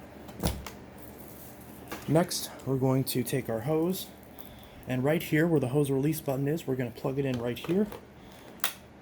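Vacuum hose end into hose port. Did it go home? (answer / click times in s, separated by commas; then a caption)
yes / 8.6 s. The hose end of a Shark Stratos corded upright vacuum (AZ300x), at its hose release button, is plugged into its port on the vacuum while someone talks. It snaps in with a sharp click at 8.6 seconds, and the hose is seated.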